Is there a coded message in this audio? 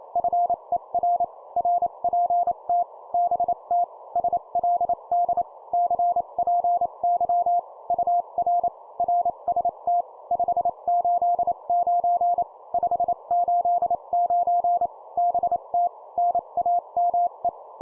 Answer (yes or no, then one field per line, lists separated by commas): yes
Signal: Morse code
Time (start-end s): 0.2-17.5 s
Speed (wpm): 28 wpm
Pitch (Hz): 700 Hz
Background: none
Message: FER RPT BT SLD CPY UR RST 589 589 BT NAME